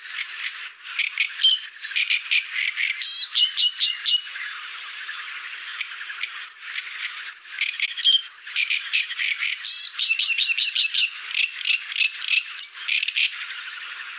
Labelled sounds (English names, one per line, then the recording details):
Great Reed Warbler song
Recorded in the wild
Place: Damtschik/Wolgadelta, RU
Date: 1995-05-15
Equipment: Dat-Recorder Casio DA 7, Telinga DAT, Telinga-Parabolspiegel
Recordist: Schwarz, Dieter
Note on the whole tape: Song